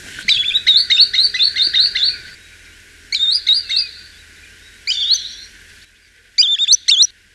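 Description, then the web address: Green sandpiper calls: bright, high whistled notes in a quick run of several, then shorter bursts separated by pauses. "tringa ochropus call"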